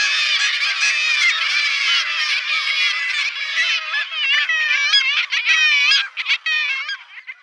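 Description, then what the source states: Black-legged kittiwakes in a loud nasal chorus of overlapping wailing calls, thinning into separate calls near the end. Call described as wild, to go with their wild, deep-ocean nature; the birds say their own name in three distinct syllables.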